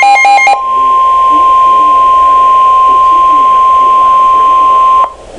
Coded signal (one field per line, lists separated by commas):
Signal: Emergency Alert System (SAME) tones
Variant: 1050 Hz attention tone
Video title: Severe Thunderstorm Warning - EAS #215